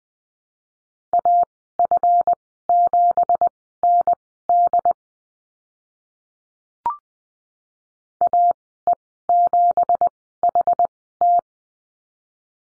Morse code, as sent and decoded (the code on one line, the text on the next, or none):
.- ..-. --... -. -.. / .- . --... .... -
AF7ND AE7HT